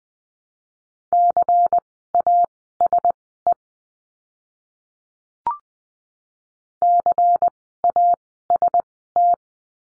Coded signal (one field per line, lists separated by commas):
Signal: Morse code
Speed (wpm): 20 wpm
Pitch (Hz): 700 Hz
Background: none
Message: CASE CAST